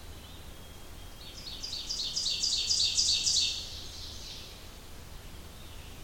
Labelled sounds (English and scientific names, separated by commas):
Ovenbird (Seiurus aurocapilla) song